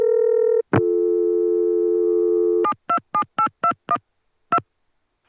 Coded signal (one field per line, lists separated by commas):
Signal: DTMF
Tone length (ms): 90 ms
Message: 727821 2